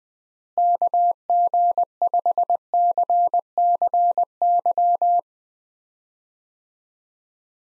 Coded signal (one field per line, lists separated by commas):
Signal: Morse code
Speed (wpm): 20 wpm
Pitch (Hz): 700 Hz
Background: none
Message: KG5CCY